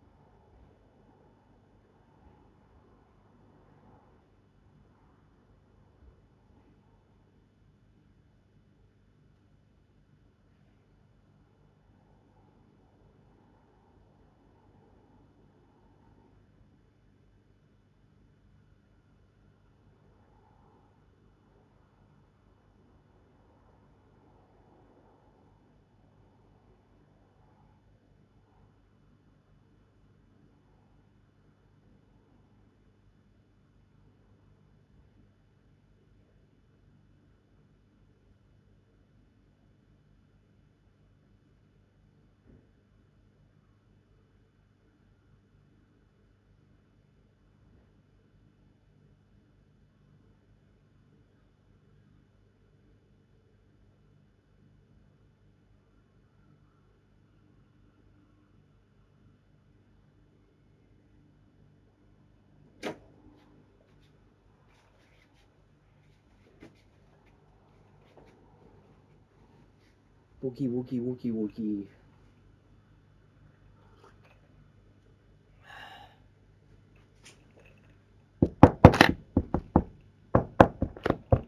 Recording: background sound without coughing